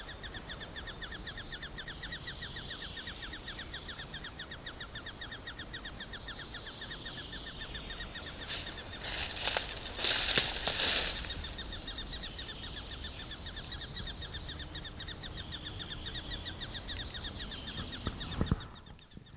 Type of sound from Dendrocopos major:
call